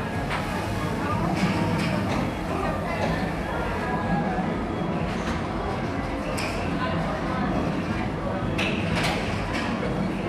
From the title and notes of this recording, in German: Klangreise in eine euphorische Gaming Arcade. Automaten, spielende Menschen.